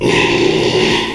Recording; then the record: squeal of a Yucatan mini pig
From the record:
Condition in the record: after surgery on the right vocal fold (resection and tissue-engineered implant); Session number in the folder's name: 1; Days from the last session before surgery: 6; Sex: male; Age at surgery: 12 weeks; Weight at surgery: 13 kg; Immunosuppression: cyclosporine, prednisolone